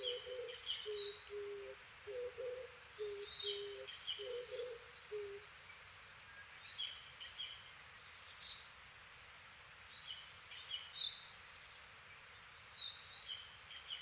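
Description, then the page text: Ashy minivet calling: thin, high chirping notes in scattered bursts throughout, with a separate run of low, hollow notes early on. Recorded at Nikko, 11 to 18 June 2010. "Pericrocotus divaricatus [Sounds -Nikko Today-]"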